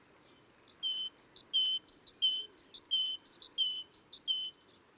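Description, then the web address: Great tit song: phrases of two short high notes followed by a longer lower note, repeated six times in a steady rhythm. Assistens Cemetery. "assistens Musvit"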